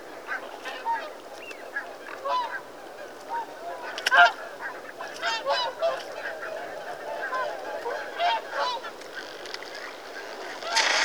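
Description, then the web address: Mute swan honks and nasal grunting calls, several overlapping throughout, with a louder burst near the middle and a loud noise at the end. "The BBC Sound Effects Library. Mute Swan (Cygnus Olor) Calls"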